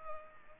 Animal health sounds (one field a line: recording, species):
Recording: mosquito wingbeat signal from an infrared sensor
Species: Culex pipiens